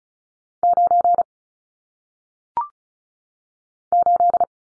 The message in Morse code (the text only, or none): 9 8